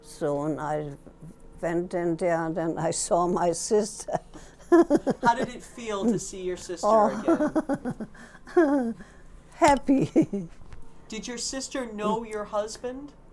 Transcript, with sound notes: So I went in there and then I saw my sister.
How did it feel to see your sister again?
Oh. [Laughs] Happy.
Did your sister know your husband?